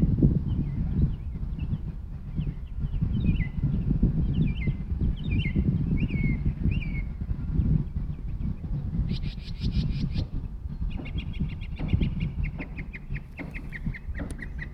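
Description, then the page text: Northern mockingbird song: rising slurred notes repeated, then a harsh buzzy chatter and rapid repeated trills, over continuous low-pitched background noise. Recorded in Maryland. "Maryland Biodiversity. Northern Mockingbird ( Mimus polyglottos )"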